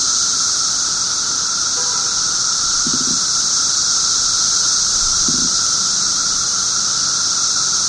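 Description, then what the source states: Periodical cicada chorus, an unbroken high-pitched hiss and steady drone, with a couple of brief low sounds in the background. 17-year cicadas, recorded 18 June 2007 at 1:00 pm.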